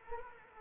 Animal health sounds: mosquito wingbeat signal from an infrared sensor; Anopheles arabiensis

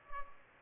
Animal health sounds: mosquito wingbeat signal from an infrared sensor; Culex pipiens

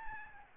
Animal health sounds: mosquito wingbeat signal from an infrared sensor; Aedes albopictus

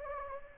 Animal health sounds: mosquito wingbeat signal from an infrared sensor; Anopheles gambiae

